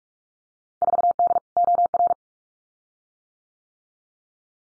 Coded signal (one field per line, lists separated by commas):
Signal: Morse code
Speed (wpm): 44 wpm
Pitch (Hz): 700 Hz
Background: none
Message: 4D OR